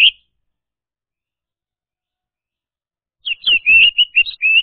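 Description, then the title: Orange-headed thrush gives a single short whistled note, then after a silence a quick, varied phrase of slurred whistles and chirps. Song used to lure a silent orange-headed thrush, locally called anis merah, into singing. "Anis Merah Macet.. Pancing Dengan Suara Ini.. # Anis Merah"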